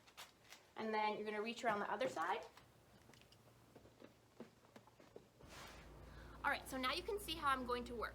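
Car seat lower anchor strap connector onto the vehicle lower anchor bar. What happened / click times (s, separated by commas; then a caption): The metal anchor connector clicked onto its bar / 0.5 s. The metal hook connector on the UAS strap of a Graco Extend2Fit car seat, installed rear-facing, clicks onto the vehicle's lower anchor bar with a single sharp click at 0.5 s, seating it. Someone talks before and after, and faint handling taps follow between about 3.1 and 5.2 s.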